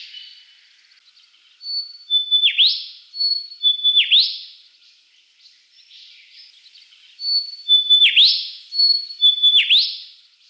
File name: pilotbird